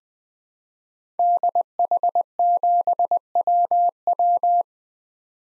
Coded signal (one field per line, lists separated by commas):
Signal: Morse code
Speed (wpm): 20 wpm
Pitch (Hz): 700 Hz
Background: none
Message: DH7WW